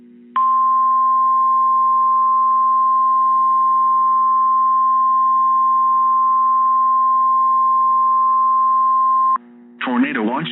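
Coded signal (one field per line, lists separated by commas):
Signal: Emergency Alert System (SAME) tones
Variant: 1050 Hz attention tone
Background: speech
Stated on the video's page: NOAA Weather Radio EAS double header of a tornado warning and tornado watch update, from a Kansas City station.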